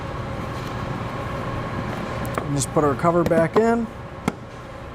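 The plastic cover of the under-hood fuse and relay box on a 2014 GMC Acadia is put back on and pressed down after the fuses and relays for a Curt T-Connector tow package wiring harness are installed. Someone talks over a steady background hum, and a short sharp click at 4.3 s marks the cover snapping and locking into place.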